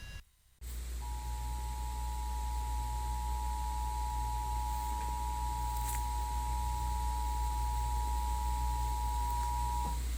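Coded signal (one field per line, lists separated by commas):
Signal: Emergency Alert System (SAME) tones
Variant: 853 and 960 Hz attention tone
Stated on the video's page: Real flash flood warning and required monthly test alerts received over a day.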